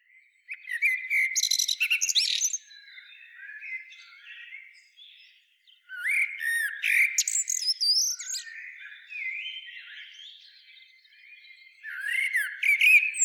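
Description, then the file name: Common blackbird delivering three separate song phrases, each a mellow whistled warble topped with thin high squeaks, spaced by quieter background warbling. "Turdus merula"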